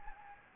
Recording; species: mosquito wingbeat signal from an infrared sensor; Anopheles gambiae